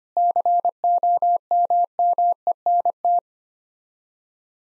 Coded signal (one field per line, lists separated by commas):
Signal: Morse code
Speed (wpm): 25 wpm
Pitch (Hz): 700 Hz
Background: none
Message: COMMENT